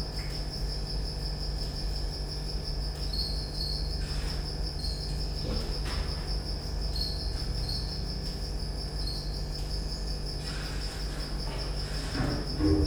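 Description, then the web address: Cricket trilling continuously at high pitch, briefly dipping slightly lower a few times, over a steady low hum with a few faint taps. Recorded at Győr zoo in 2014 with professional equipment; an insect near the left microphone, electrical equipment; still-life scene. "allathangok gyorizoo 2014 professzionalis gallerospavian balmikrofonnalegyrovar elektromosberendezes tucsok csendelet"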